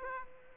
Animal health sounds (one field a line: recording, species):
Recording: mosquito wingbeat signal from an infrared sensor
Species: Aedes aegypti